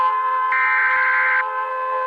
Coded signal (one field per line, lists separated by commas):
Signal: Emergency Alert System (SAME) tones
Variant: header bursts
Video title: Rating more EAS Alarms! Pt. 16 | Thank you for 20,000 Channel Views! | Thank You for 220 Subscribers